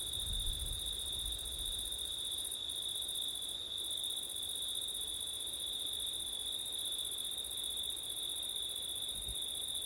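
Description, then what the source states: Crickets trill continuously at a high pitch, the upper band dropping out briefly twice, while low gusts of wind rumble at the start and end. September night, with wind; ORTF stereo microphone setup.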